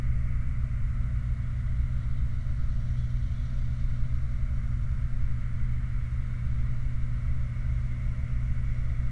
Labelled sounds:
machinery
flare stack

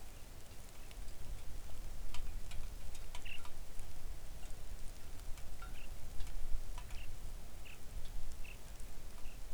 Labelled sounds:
songbird
rain

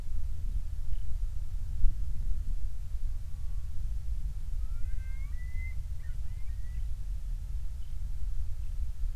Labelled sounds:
songbird
loon

